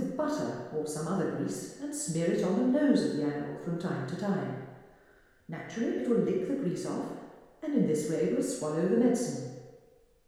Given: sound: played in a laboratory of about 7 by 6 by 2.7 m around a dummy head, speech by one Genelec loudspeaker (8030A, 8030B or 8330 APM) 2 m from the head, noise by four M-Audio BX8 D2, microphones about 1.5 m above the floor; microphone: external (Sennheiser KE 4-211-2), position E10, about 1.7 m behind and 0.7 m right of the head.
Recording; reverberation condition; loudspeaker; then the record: female speech in English; high; 120 degrees to the right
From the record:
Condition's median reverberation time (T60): about 1300 ms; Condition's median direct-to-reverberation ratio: about -4.0 dB